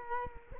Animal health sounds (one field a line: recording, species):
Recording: mosquito wingbeat signal from an infrared sensor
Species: Culex quinquefasciatus